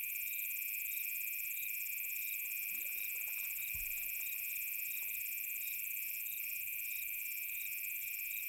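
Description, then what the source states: Cicadas buzzing in a steady high chorus of layered drones, one band pulsing rhythmically, with a brief low thump underneath. Cicadas in savanna on a summer afternoon.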